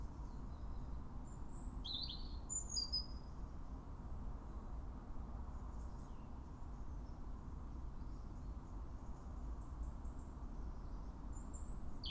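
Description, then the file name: European robin delivering one brief, high, jumbled phrase early on, followed by long quiet stretches with faint thin notes and a low steady rumble. "Erithacus rubecula"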